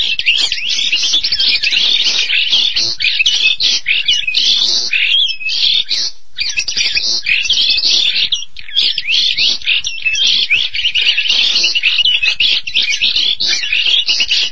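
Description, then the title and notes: Starling song: continuous high chatter of mixed squeaks, buzzy notes and whistles, with one brief near-silent gap around six seconds. "suara burung jalak"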